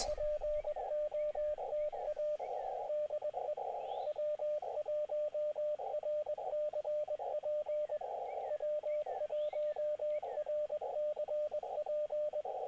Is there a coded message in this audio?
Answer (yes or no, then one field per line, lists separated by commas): yes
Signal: Morse code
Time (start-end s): 0.1-12.4 s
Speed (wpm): 21 wpm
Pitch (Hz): 600 Hz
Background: radio noise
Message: POTA DE W1RCP W1RCP